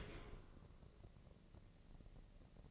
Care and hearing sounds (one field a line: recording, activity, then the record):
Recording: daily activity, microphone in the room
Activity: open dishwasher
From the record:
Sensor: 4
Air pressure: 1013.2 hPa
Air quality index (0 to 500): 168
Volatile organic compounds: 2 ppm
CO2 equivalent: 1062 ppm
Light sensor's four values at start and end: 82/202/84/86 and 82/204/85/87